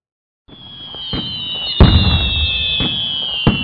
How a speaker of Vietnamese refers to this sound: Pháo lệnh nổ gần kêu to quá, làm tôi thức giấc. Đèn lửa trong nhà trông như hạt đỗ vàng to, kế đến là những tràng pháo dây từng hồi lạch tạch.